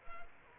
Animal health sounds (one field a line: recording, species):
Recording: mosquito wingbeat signal from an infrared sensor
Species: Culex quinquefasciatus